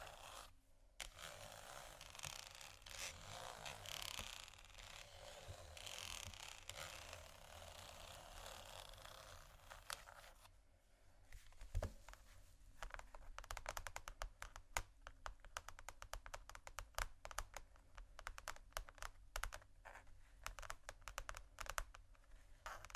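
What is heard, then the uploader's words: For the first ten seconds a dense, rough scratching fills the sound, steady and hissy. It then gives way to quick, irregular tapping, sharp clicks in close clusters like tapping on glass or bamboo, over a faint low hum that continues throughout. Tapping, water, scratching, glass, bamboo.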